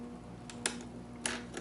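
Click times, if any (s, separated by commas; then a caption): 0.7 s. A CPU socket retention bracket and lever are pressed down and latched over the processor on a motherboard, forcing the plastic protective socket cover to pop off the socket. A sharp pop is heard at 0.7 s, followed by another strong click at 1.3 s and fainter ticks around 0.5 s and 1.6 s. The plastic socket cover is released.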